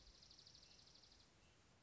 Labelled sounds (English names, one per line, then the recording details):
Dark-eyed Junco
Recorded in Sonoma County, California